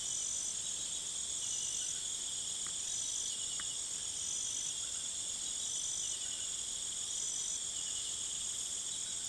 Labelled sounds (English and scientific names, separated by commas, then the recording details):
none
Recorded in pastures near Puerto Asís, Putumayo, Colombia, on 22 June 2025 at 18:30
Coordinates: 0.486, -76.323
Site H29